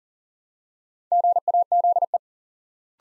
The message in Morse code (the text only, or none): GAZE